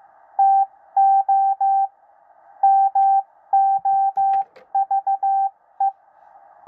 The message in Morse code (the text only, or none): TO MOVE